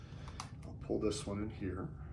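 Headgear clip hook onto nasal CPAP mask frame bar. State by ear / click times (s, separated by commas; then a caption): not seated / none. A plastic headgear clip hook is handled against the small plastic bar of a Fisher and Paykel Eson 2 nasal CPAP mask frame, with brief plastic ticks around 0.3, 0.4 and 0.6 seconds while someone talks. Nothing has seated or snapped yet.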